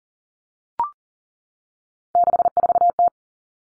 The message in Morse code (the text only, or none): 64T